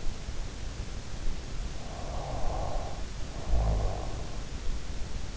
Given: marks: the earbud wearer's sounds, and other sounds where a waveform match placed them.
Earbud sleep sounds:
sounds in sleep by an in-ear microphone; snoring breath
1.20-4.25 s: snoring breath

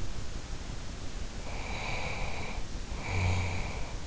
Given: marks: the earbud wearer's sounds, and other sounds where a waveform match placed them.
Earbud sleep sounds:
sounds in sleep by an in-ear microphone; snoring breath
1.42-3.97 s: snoring breath

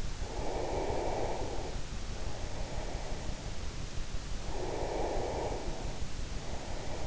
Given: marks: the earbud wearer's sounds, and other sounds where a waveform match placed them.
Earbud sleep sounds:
sounds in sleep by an in-ear microphone; breath
0.06-3.30 s: breath
4.26-7.07 s: breath

